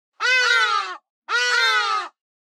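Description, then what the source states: Hadeda ibis calls: two loud, harsh, nasal braying notes, each lasting under a second, separated by a short pause. A pair calling.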